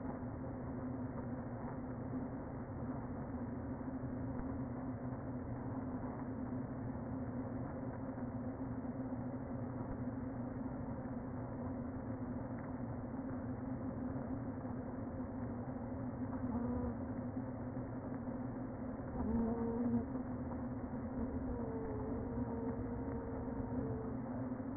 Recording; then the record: honeybee colony, microphone inside the hive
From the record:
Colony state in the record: queen present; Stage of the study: before two queens were removed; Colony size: about 60,000 bees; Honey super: yes